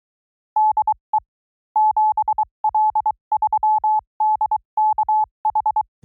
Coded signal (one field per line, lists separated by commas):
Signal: Morse code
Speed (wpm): 23 wpm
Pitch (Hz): 860 Hz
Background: none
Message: DE 7L3DKH